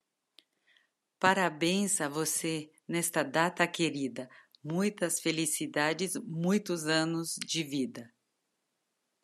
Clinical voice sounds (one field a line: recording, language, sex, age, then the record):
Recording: short text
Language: Brazilian Portuguese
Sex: female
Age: 40 to 49 years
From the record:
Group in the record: control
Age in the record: 49 years